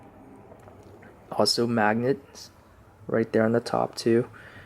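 The magnetized head piece of a Hot Toys Hulkbuster collectible action figure is handled near the figure's body while someone talks, with faint light handling ticks around 0.7 s and 1.0 s. Nothing has seated or clicked yet.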